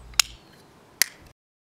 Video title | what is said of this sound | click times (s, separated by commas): [GB] Bento Macropad with Rotary Encoder! + Artisan Showcase | As you can see, the bottom plate should friction fit tightly into the top case with a nice click. | 0.2 s, 1.0 s